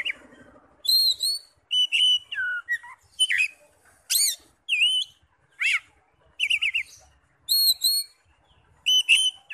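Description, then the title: Oriental magpie-robin song, a rich sequence of whistled, sweeping and chirping notes in bursts about every half second to second. "Kacer"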